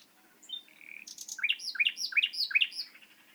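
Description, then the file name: Common nightingale song: a short whistle and a flat note, then a run of loud rising notes repeated about three times a second, with higher notes above. "Luscinia megarhynchos"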